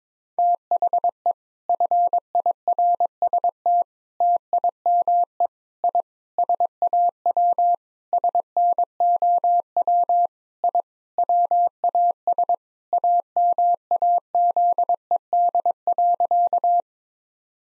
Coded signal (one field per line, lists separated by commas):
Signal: Morse code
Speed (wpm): 22 wpm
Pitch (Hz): 700 Hz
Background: none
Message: THE FIRST TIME I SAW SNOW I WAS AMAZED.